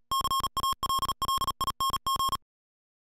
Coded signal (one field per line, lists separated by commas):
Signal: Morse code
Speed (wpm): 37 wpm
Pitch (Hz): 1080 Hz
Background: music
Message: CALLING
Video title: Universal-Radio presents the Icom IC 2300H 2meter Mobile Amateur Transceiver